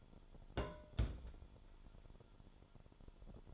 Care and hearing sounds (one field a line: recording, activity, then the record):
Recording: daily activity, microphone in the room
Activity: place on stove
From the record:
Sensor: 5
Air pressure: 1008.2 hPa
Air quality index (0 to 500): 116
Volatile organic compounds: 1 ppm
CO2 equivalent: 894 ppm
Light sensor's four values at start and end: 30/63/27/29 and 31/63/28/29